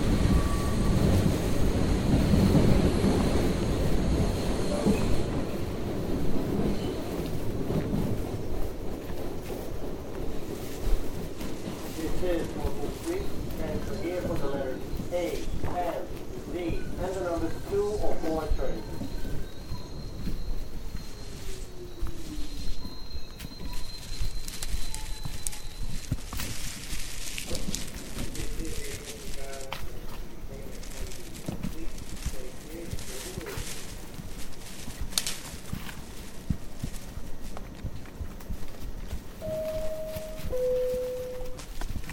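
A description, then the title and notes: A hike through the Tambopata rainforest in Peru, opening with a heavy low rumble for the first few seconds. Footsteps and scattered clatter continue throughout, while rising and falling animal or bird calls appear around 15 to 18 seconds, with a few short whistles near the end. Hike in Tambopata Reserve rainforest, Peru.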